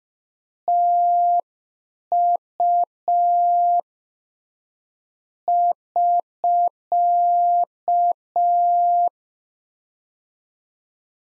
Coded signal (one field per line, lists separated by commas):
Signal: Morse code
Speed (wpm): 5 wpm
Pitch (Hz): 700 Hz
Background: none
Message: TU <SK>